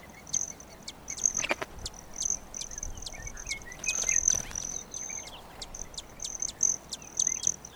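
Broad-tailed hummingbird giving thin, high metallic buzzes repeated throughout, interspersed with short sharp chips and a few louder rustles.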